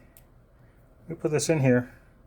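A USB Type-C charging cable plug is handled near the charging port on the side of an 18350 Li-ion battery for a NiteCore MT1c Pro tactical flashlight. A faint, brief tick is heard at about 0.2 s, then someone talks. The plug has not seated or clicked into the port yet.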